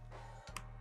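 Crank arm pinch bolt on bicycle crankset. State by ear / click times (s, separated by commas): torque reached / 0.6 s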